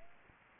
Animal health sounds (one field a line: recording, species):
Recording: mosquito wingbeat signal from an infrared sensor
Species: Aedes aegypti